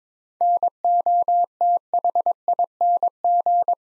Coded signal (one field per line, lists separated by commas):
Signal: Morse code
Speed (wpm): 22 wpm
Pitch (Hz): 700 Hz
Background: none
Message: NOTHING